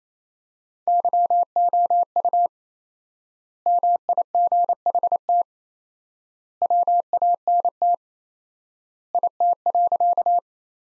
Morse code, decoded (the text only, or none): YOU MIGHT WANT IT.